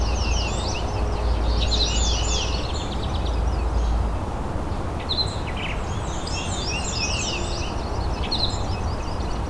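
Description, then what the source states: Gray Catbird song of mixed scratchy and whistled phrases in two bursts separated by a short pause, set against a continuous low droning rumble. Calling close to the recordist.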